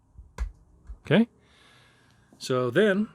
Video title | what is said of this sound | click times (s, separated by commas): SoCal Cigars - Massive Humidor Overhaul | then you push that forward kind until you hear good click ok | 0.4 s